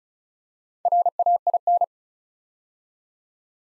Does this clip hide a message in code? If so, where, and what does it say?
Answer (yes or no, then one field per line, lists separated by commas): yes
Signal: Morse code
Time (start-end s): 0.9-1.8 s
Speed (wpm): 36 wpm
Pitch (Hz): 700 Hz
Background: none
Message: RAIN